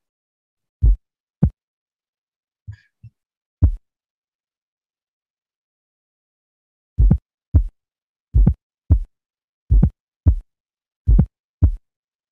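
Simulated heart sounds at about 44 beats a minute, with a pause of about three seconds partway through. Each first sound is followed closely by a sharp early systolic ejection click before the second sound. Depending on whether it is heard over the aortic or pulmonary area, it suggests aortic or pulmonary stenosis; whether it varies with respiration is also assessed.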